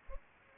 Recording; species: mosquito wingbeat signal from an infrared sensor; Culex pipiens